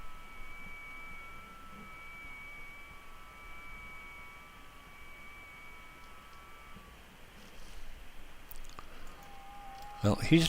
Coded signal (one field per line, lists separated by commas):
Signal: FT8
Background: speech